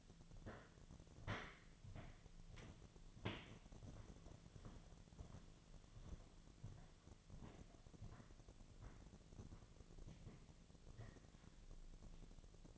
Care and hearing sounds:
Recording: daily activity, microphone in the room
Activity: walk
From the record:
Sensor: 4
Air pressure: 1009.0 hPa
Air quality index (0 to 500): 168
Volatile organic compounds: 4 ppm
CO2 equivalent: 1692 ppm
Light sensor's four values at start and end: 24/74/28/27 and 24/75/28/27

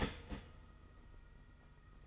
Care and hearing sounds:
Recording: daily activity, microphone in the room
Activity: start toaster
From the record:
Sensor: 4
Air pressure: 992.5 hPa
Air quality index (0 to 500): 144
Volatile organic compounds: 81 ppm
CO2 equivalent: 3616 ppm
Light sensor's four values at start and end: 18/64/23/24 and 18/64/23/24

